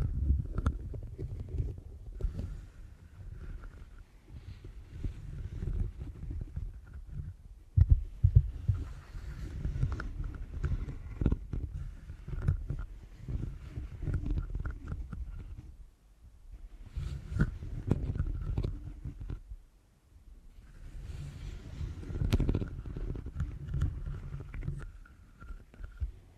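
Deep ear canal massage: muffled, rumbling rubbing comes in waves with brief pauses near 16 and 20 seconds. Crackly clicks and pops scatter throughout, with a sharp snap around 8 seconds. A faint, steady thin tone hums underneath.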